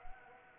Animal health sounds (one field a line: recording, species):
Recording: mosquito wingbeat signal from an infrared sensor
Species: Anopheles arabiensis